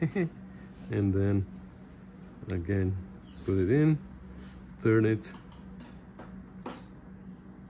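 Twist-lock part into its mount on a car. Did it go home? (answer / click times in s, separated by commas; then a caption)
yes / 6.7 s. A twist-lock part with a quarter-turn locking tab is put back into its mount on a 1994 Mazda MX5 Miata and turned about 45 degrees until it locks in place. Someone talks over a steady low hum, then a faint tap comes at 6.2 s and a sharper click at 6.7 s as the part seats.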